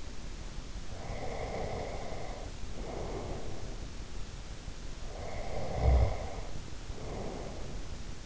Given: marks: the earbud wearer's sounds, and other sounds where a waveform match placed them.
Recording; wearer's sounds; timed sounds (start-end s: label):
sounds in sleep by an in-ear microphone; breath, snoring breath
0.95-4.14 s: breath
5.11-8.26 s: snoring breath